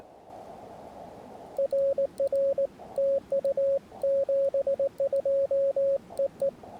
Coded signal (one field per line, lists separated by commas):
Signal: Morse code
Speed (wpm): 18 wpm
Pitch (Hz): 550 Hz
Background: radio noise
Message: RR TU 72 EE